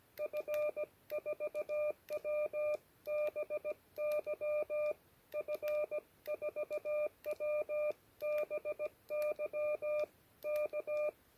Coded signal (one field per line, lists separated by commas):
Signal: Morse code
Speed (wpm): 16 wpm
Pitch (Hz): 1200 Hz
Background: none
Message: F4WBY F4WBY K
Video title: Radio Field OPS, Granges de la Brasque.